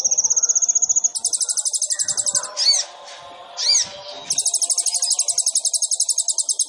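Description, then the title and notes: Sunbird song: a thin steady trill switching to a faster, rattling high trill, interrupted twice by sweeping arched whistles before the trill resumes. Kolibri ninja sunbird in vigorous (gacor) song, full of isian fill-ins and tembakan bursts, meant to prompt other birds (pancingan). "MASTERAN KOLIBRI NINJA FULL ISIAN DAN TEMBAKAN COCOK BUAT PANCINGAN. Suara Burung Kolibri Ninja Gacor"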